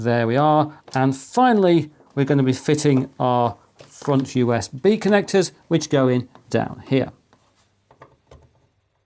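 Someone talks while getting ready to fit the front-panel USB cable connector onto the USB header of a Mini-ITX motherboard in a Milk-V Jupiter RISC-V PC build. After the talking stops, a few faint, brief handling ticks come at about 7.3, 7.9, 8.0 and 8.3 seconds. The connector has not seated or clicked yet.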